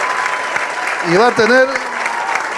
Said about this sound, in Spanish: Así que pido un aplauso especialmente por él, porque va a ser el que va a cuidar.